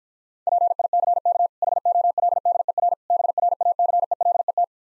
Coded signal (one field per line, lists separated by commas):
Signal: Morse code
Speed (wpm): 49 wpm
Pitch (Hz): 700 Hz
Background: none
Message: PICK HOLDER BRACELET